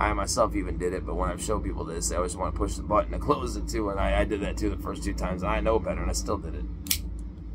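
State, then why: Seated. A folding pocket knife with a back lock is opened or closed while someone talks. The steel blade snaps into its locked position with a sharp click at 6.9 s, and the blade is seated in its lock.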